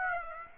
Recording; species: mosquito wingbeat signal from an infrared sensor; Aedes aegypti